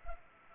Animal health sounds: mosquito wingbeat signal from an infrared sensor; Culex pipiens

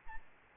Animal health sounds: mosquito wingbeat signal from an infrared sensor; Aedes albopictus

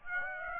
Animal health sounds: mosquito wingbeat signal from an infrared sensor; Aedes aegypti

